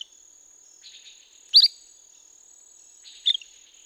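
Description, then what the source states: La Sagra's flycatcher uttering two short, sharp notes nearly two seconds apart, with a steady insect hum in the background. Recorded 17 May 2016.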